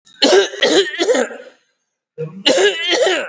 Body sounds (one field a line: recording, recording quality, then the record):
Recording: heavy voluntary cough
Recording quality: excellent, no background noise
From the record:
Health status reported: COVID-19 positive, mild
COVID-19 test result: positive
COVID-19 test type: RT-PCR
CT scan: not taken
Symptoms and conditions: none ticked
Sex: male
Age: 56 years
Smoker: no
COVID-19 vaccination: both doses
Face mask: not worn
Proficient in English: no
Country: India